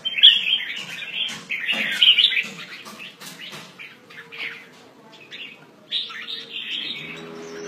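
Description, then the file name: Red-whiskered bulbul calling in rapid chattering and warbling phrases, several in quick succession, with scattered clicks and a low hum. "Pycnonotus jocosus"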